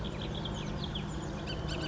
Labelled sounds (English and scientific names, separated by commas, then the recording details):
Bullock's Oriole (Icterus bullockii)
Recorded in Sonoma County, California